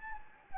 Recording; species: mosquito wingbeat signal from an infrared sensor; Anopheles gambiae